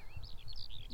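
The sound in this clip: Eurasian skylark song, a quick run of liquid warbling notes rising and falling over low background rumble.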